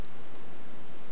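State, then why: Not seated. A back part is being aligned and handled against the back of a Bandai Metal Build Gundam Avalanche Exia action figure. Only faint, quiet handling ticks are heard, the sharpest near 0.8 s. Nothing has seated or clicked into place yet.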